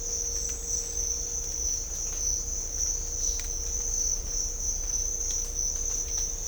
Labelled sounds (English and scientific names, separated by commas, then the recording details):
none
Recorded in dense forest near Puerto Asís, Putumayo, Colombia, on 18 December 2024 at 06:30
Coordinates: 0.500, -76.322
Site G053